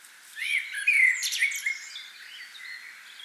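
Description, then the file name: Common blackbird giving one short fluted, slurred phrase followed by softer twittering and faint chirps. "Turdus merula"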